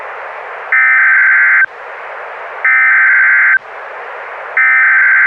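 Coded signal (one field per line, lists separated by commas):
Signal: Emergency Alert System (SAME) tones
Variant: header bursts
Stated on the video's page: Mock of 2011 National EAS Test hijacking via NOAA Weather Radio retransmission; simulated found footage.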